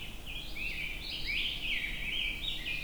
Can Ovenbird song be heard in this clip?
no